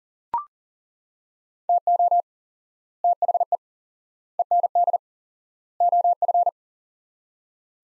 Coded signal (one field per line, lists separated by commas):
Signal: Morse code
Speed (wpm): 37 wpm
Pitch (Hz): 700 Hz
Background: none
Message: TO THE END OF